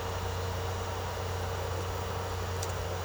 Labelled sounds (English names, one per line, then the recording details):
none
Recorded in secondary vegetation near Puerto Asís, Putumayo, Colombia, on 13 March 2025 at 13:00
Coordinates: 0.468, -76.324
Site G059